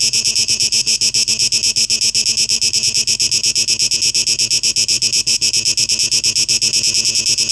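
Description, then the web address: Cicadas buzzing in a dense, high, steady chorus with rapid rhythmic pulsing throughout, strongest in a bright high band, with an echoing, processed texture. 12 August 2023; tape echo mix. "audio rauschpartikel Audio 2023-08-12 Zikaden"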